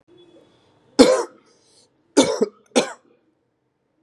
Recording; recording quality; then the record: shallow voluntary cough; excellent, no background noise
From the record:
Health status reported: COVID-19 positive, mild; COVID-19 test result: positive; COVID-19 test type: RT-PCR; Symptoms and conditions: cough, cold, fever, fatigue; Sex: male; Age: 32 years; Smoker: no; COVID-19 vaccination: both doses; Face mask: not worn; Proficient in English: yes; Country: India